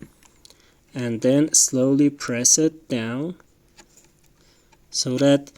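Someone talks while the first RAM module of a Dell Inspiron M4800 laptop is handled and slowly pressed down toward its memory slot, where its retaining clips should snap to show it is positioned correctly. Only a few faint handling ticks are heard under the speech, and nothing has seated or clicked yet.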